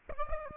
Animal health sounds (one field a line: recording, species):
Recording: mosquito wingbeat signal from an infrared sensor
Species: Aedes aegypti